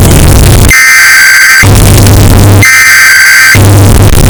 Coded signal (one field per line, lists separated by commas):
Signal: Emergency Alert System (SAME) tones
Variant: header bursts